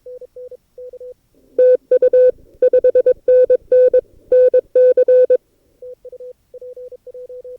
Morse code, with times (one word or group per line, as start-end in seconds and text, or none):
1.6-2.3 TU
2.6-4.0 5NN
4.3-5.4 NC